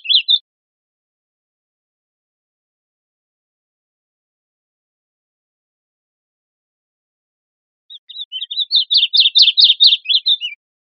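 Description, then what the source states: Bird calling: a short high chirp, a long silence, then a quickening series of high, thin chirps that swells in loudness before ending abruptly. Recorded 21 July 2002.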